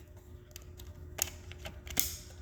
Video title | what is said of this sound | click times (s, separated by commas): citation gets a new radio | there it goes snaps right into place | 1.2 s, 2.0 s